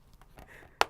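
The third of three plastic snap clips on a helmet cheek pad is pressed home into the helmet shell. After faint low handling sounds, one loud, sharp click lands at 0.8 s as the clip seats.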